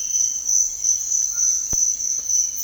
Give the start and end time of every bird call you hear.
1.28s-1.69s: bird call

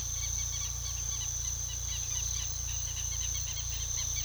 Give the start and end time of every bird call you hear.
0.00s-4.25s: bird call

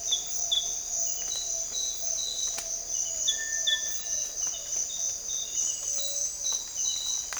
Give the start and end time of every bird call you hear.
3.24s-3.94s: bird call
5.88s-6.23s: bird call

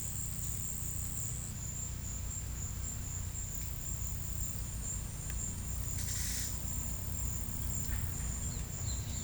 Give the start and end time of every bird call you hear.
5.89s-6.54s: bird call

